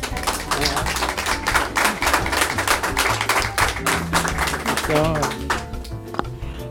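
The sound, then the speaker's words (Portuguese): A steady burst of dense hand clapping from a group, crisp and continuous, with voices calling out over it and briefly rising near the end as the applause thins. “Tá, pode aplaudir.”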